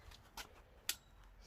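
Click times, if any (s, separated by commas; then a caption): 0.9 s. A part of a garden parasol is fitted into the parasol pole and frame during assembly outdoors. A soft broadband tick comes near 0.4 s, then a sharp, bright click at 0.9 s over a quiet low background. The part seats into place.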